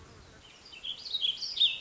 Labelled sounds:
Warbling Vireo (Vireo gilvus)

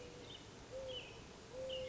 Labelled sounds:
Mourning Dove (Zenaida macroura)

